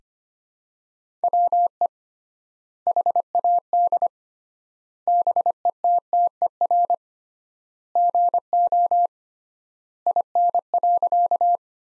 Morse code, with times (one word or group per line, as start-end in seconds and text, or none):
1.2-1.9 WE
2.9-4.1 HAD
5.1-6.9 BETTER
8.0-9.1 GO
10.1-11.6 IN.